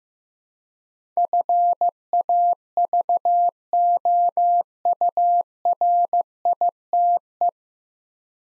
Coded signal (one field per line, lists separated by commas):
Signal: Morse code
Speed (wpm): 15 wpm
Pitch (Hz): 700 Hz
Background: none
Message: FAVOURITE